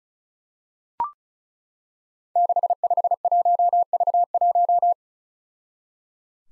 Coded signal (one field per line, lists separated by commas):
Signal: Morse code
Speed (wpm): 36 wpm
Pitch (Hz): 700 Hz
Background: none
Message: 651V1